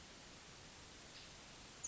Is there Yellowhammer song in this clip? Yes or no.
no